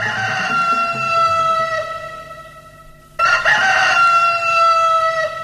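Two long, loud rooster crows in a row, each a sustained harmonic call with a rising then falling pitch, separated by a brief pause with no talking.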